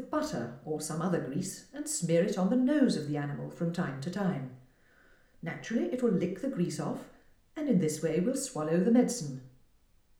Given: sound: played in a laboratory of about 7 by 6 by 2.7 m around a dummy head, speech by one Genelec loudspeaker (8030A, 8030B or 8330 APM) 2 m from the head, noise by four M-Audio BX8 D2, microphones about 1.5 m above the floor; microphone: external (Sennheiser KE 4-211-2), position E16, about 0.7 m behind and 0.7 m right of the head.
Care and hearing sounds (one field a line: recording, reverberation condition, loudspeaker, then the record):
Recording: female speech in English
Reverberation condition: medium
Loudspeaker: behind (180 degrees)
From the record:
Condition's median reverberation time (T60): about 510 ms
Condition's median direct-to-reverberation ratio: about -0.5 dB